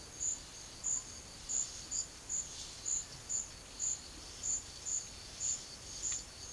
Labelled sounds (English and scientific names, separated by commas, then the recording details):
none
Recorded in pastures near Puerto Asís, Putumayo, Colombia, on 12 March 2025 at 12:30
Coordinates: 0.487, -76.322
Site G077